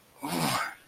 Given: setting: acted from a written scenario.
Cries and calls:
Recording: vocal sound without words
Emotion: desire

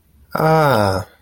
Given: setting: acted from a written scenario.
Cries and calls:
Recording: vocal sound without words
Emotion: adoration

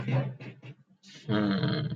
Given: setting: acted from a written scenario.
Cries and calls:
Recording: vocal sound without words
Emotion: romantic love

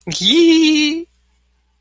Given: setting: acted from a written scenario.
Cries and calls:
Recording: vocal sound without words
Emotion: elation

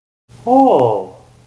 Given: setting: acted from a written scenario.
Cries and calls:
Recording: vocal sound without words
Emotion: awe

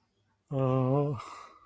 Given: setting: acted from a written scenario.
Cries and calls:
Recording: vocal sound without words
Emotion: romantic love

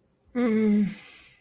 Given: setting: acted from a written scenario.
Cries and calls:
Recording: vocal sound without words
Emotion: guilt

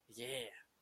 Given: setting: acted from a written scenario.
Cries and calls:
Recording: vocal sound without words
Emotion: realization

